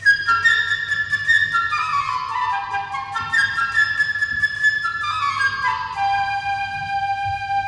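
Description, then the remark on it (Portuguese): A flute plays quick, bright ascending-scale runs, the theme of the little bird Sasha, repeating the figure several times with steady, fairly loud tone and no voices, over a faint low hum. “Para o pequeno pássaro que é muito travesso e que se chama Sasha, nós ouviremos a flauta numa escala crescente.”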